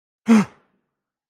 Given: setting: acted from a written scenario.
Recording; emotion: vocal sound without words; negative surprise